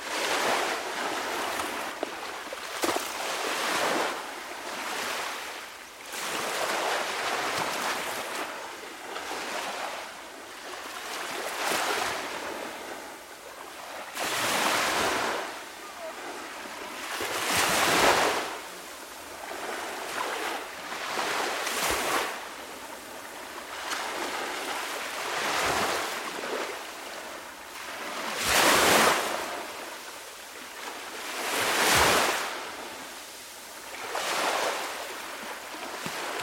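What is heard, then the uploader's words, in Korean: Gentle ocean waves wash onto a beach in a steady, unhurried rhythm, each one swelling into a soft hiss and fading as it recedes, roughly every three to four seconds. A faint wind breathes underneath the surf. 해변의 파도. 우리는 한 시간 동안의 상세하고 거의 입체적인 해안의 파도 소리를 담았으며. 이 녹음은 완벽한 정적의 순간에 이루어졌으며, 바람의 간섭이 최소화되어. 부드러운 모래 해변에 누워 있으며, 해가 지평선에서 천천히 지는 것을 상상해보세요. 귀에 들리는 유일한 소리는 바다가 해변을 부드럽게 때리는 소리.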